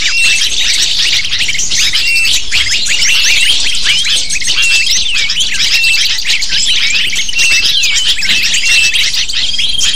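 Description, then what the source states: A crowd of lovebirds chirping and squeaking without pause, a thick shrill wash of short notes from start to finish. Sound used to lure lovebirds.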